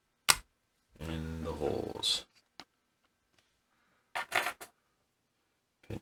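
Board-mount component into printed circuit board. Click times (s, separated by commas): 0.3 s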